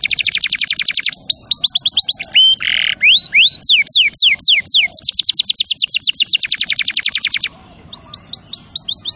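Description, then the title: Canary singing rapid chains of high, downward-sweeping notes, a buzzy burst and whistled accents early on, then a slower run of rising notes. Champion canary song used as a master recording for training other birds (Indonesian masteran). "Masteran Kenari Juara"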